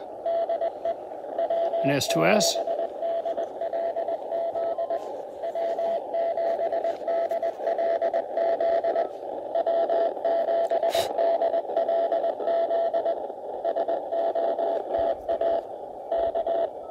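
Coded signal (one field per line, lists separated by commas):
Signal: Morse code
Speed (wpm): 20 wpm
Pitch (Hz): 670 Hz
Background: speech, radio noise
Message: DE W7DLZ W7DLZ W7DLZ SOTA K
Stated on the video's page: CW from an Elecraft KH1 on a 41 ft end-fed random wire instead of its whip, with improved SNR.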